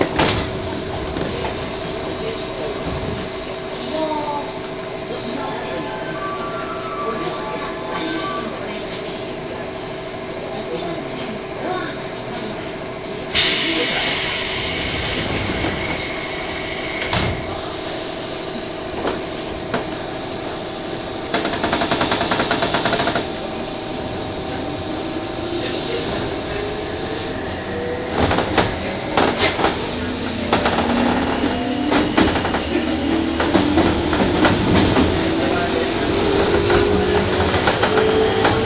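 A train riding between Tokyo and Takao: a steady rumble under a constant low hum, with faint voices. Around 13 seconds the running noise grows louder and hissier, and from about 25 seconds a motor whine climbs in pitch as the train picks up speed.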